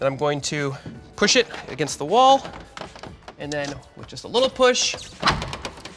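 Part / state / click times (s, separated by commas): tub surround side panel into back panel / seated / 5.4 s, 5.5 s, 5.6 s, 5.8 s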